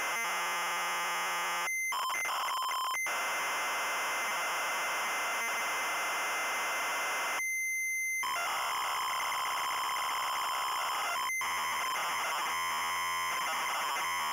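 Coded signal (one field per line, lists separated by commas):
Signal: ZX Spectrum tape loading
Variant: ZX Spectrum 128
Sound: harsh buzzing, screeching data tones with brief dropouts, rough and continuous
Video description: Loading mini-game, and short gameplay introduce.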